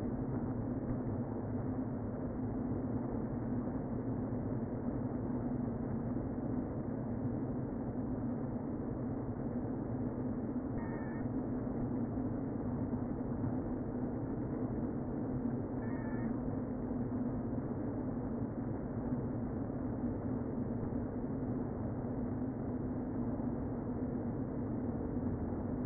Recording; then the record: honeybee colony, microphone inside the hive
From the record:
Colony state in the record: queen present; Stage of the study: before two queens were removed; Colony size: about 60,000 bees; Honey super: yes